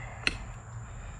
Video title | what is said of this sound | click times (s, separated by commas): Racing on a Budget: Amazon Race Seats Review under $350 | it goes in locks into place | 0.3 s